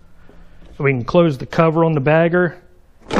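Someone talks while the plastic bagger cover on a Cub Cadet XT3 bagger for a 54" stamped deck is handled, to be closed down over the bags onto the bagger housing's side latch. A brief burst of broadband noise is heard right at the end. The cover has not yet snapped into the side latch, and nothing has seated or clicked yet.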